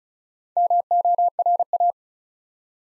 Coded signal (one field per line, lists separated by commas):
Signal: Morse code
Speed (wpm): 36 wpm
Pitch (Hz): 700 Hz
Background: none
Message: MORA